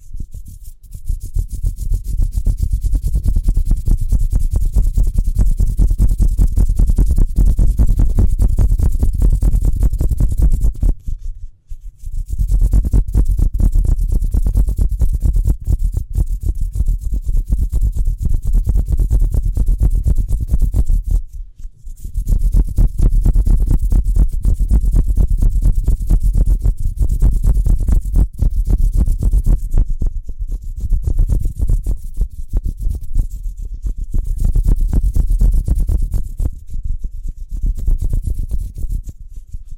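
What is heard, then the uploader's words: Hands rub together fast, a dense, steady rasping shuffle with heavy low rumble and a thin bright hiss above. The rubbing runs almost continuously, breaking off briefly near 11 and 21 seconds, with a few shorter gaps toward the end. ASMR Speedy Hand Sounds (No Talking).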